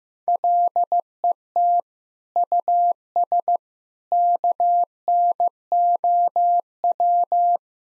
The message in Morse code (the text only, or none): LET US KNOW